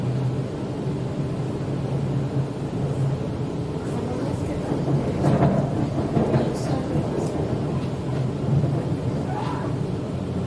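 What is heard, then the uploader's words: A Sydney train rolls toward the city with a steady, dense low rumble and a constant hum underneath. Brief brighter sounds, possibly faint voices or squeaks, surface around the middle and again near the end, while the overall loudness barely changes. Go to City by Sydney Train 電車でシドニー市内に向かう.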